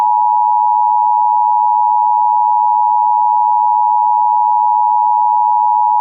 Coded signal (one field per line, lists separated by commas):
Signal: Emergency Alert System (SAME) tones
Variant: 853 and 960 Hz attention tone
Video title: EAS Scenario #9 - Hyper Tornadoes (A start of a new series....)